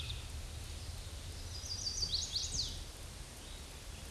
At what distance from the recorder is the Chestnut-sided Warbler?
about 30 m